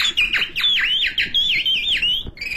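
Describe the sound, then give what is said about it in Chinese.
A caged songbird, its cage held by an old man in a small courtyard in Dashilan Shijing Hutong, Beijing, sings a bright, high run of about eight quick swooping whistles, each dipping and rising in pitch, strung together steadily with no talking. “我一进来就听见这鸟叫。”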